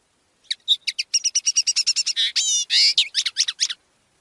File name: CANTO DEL PARDILLO